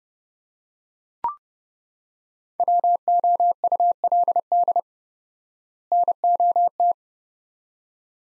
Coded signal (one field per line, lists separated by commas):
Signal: Morse code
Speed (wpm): 30 wpm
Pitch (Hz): 700 Hz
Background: none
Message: WOULD NOT